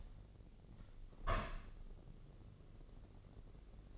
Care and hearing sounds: daily activity, microphone in the room; open window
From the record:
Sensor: 4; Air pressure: 1013.1 hPa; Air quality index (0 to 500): 167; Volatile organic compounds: 2 ppm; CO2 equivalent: 1053 ppm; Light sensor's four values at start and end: 39/95/38/39 and 38/93/38/39

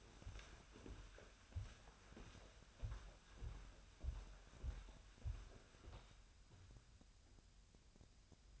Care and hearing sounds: daily activity, microphone in the room; walk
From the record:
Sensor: 2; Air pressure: 1015.2 hPa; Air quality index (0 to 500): 111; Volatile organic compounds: 3 ppm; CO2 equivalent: 1417 ppm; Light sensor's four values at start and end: 10/27/10/11 and 8/24/9/10

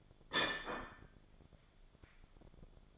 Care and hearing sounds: daily activity, microphone in the room; place plate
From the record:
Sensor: 5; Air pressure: 1004.4 hPa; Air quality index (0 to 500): 170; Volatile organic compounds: 4 ppm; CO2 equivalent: 1603 ppm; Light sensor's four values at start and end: 17/39/15/14 and 17/39/15/14

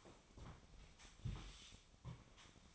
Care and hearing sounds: daily activity, microphone in the room; sweep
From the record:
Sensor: 1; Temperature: 25.6 degrees Celsius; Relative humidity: 38.0%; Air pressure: 1007.0 hPa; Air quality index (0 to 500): 205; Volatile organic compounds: 23 ppm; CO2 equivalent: 2771 ppm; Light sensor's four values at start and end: 13/33/13/14 and 13/32/13/14

